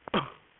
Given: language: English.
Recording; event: throat vibration sensor signal played as sound; cough